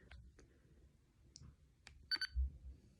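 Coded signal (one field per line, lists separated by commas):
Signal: beep code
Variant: Olympus voice recorder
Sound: a few soft button clicks, then two quick short high beeps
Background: button clicks, quiet room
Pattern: 2 short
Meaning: Second folder (folder B) selected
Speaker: If I press the button once, I'm on folder A. If I press it again, I'll hear 2 beeps.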